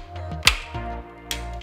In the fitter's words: slide it just on top of this rib and then two audible snaps